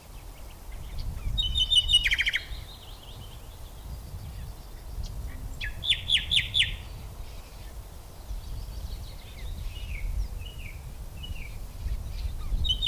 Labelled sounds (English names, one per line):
Common Whitethroat song